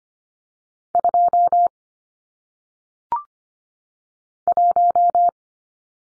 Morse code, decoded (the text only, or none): 2 1